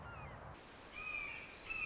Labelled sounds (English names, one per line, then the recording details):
Red-shouldered Hawk
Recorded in Sonoma County, California